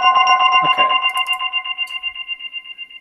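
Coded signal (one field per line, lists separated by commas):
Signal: beep code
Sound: rapid stream of overlapping chime-like beeps on several steady pitches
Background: brief voice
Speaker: all those beeps basically meant that grid tracker saw someone that I had never talked to yet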